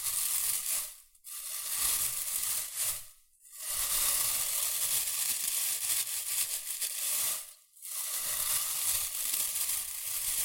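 Shredded tissue and packing peanuts rustle and crinkle in dense, crackly bursts, bright and hissy with little low end. The handling runs in long stretches broken by three brief silent pauses, near one, three and a half, and seven and a half seconds.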